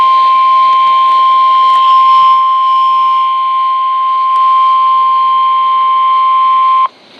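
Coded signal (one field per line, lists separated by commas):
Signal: Emergency Alert System (SAME) tones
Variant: 1050 Hz attention tone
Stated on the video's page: EAS alerts from NOAA weather radio during a severe weather event with a confirmed tornado.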